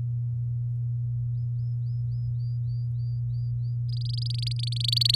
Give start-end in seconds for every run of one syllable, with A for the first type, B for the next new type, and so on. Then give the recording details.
3.89-5.16 A. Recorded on 9 May 2018 at 06:05. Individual llb16